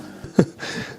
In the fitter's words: it's just not latching 100%